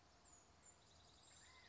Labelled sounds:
California Quail (Callipepla californica)
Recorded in Sonoma County, California

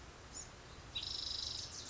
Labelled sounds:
Wilson's Warbler (Cardellina pusilla)
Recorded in Sonoma County, California

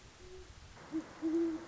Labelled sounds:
Great Horned Owl (Bubo virginianus)
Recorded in Sonoma County, California

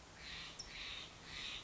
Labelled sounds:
Steller's Jay (Cyanocitta stelleri)
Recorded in Sonoma County, California

